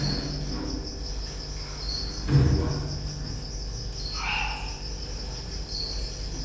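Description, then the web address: Cricket trilling steadily at high pitch, with a thud and later a short wavering tonal sound, over low hum. Recorded at Győr zoo in 2014 with professional equipment; an insect near the left microphone, electrical equipment; still-life scene. "allathangok gyorizoo 2014 professzionalis gallerospavian balmikrofonnalegyrovar elektromosberendezes tucsok csendelet"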